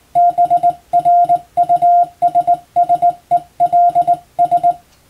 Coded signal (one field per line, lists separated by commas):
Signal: Morse code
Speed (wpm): 20 wpm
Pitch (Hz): 700 Hz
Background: none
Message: BRUSSELS